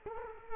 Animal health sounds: mosquito wingbeat signal from an infrared sensor; Culex quinquefasciatus

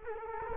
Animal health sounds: mosquito wingbeat signal from an infrared sensor; Culex quinquefasciatus

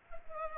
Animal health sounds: mosquito wingbeat signal from an infrared sensor; Culex pipiens

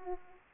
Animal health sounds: mosquito wingbeat signal from an infrared sensor; Aedes aegypti

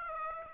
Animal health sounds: mosquito wingbeat signal from an infrared sensor; Aedes aegypti

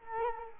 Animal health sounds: mosquito wingbeat signal from an infrared sensor; Culex quinquefasciatus

